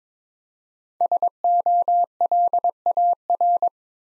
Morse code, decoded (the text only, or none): SOLAR